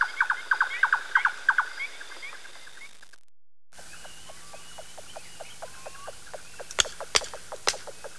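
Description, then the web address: Bird song: a rapid run of short, sharp notes, then a brief silence followed by softer ticking notes and a few loud clicks. Recorded in Spain. "ianr Birding Spain Songs"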